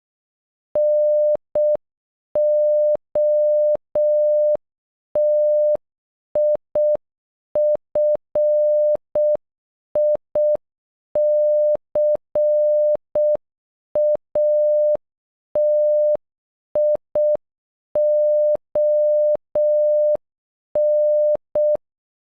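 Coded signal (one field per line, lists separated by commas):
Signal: Morse code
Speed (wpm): 12 wpm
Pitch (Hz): 600 Hz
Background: none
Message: NOTIFICATION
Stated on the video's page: Morse code for a single word, sent at normal and half speed.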